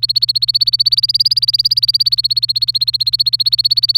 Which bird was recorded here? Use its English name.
Domestic Canary